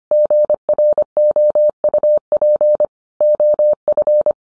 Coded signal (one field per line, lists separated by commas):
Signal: Morse code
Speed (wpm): 25 wpm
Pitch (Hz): 600 Hz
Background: none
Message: GROUP OF